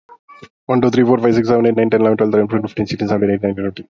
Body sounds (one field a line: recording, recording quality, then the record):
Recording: counting at a fast pace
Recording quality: moderate, slight background noise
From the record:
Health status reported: healthy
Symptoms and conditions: none ticked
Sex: male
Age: 32 years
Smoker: not ticked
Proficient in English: yes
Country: India